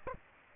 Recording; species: mosquito wingbeat signal from an infrared sensor; Aedes aegypti